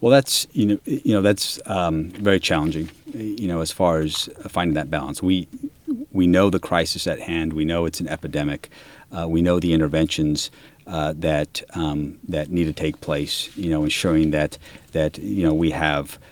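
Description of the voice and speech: Low-pitched adult male speech in an interview, with word repetitions, prolonged sounds, awkward pauses and frequent fillers such as "you know", signs of lifelong stuttering present since childhood; the fillers serve as a way of coping with the stutter.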